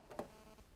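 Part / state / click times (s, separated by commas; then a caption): bobbin case into sewing machine hook race / seated / 0.1 s, 0.2 s. A metal bobbin case holding the bobbin is pushed into the hook area under the needle plate of a household sewing machine. A short click is heard at 0.1 s and a sharper, louder click at 0.2 s as it seats in place, after which the thread pulls freely.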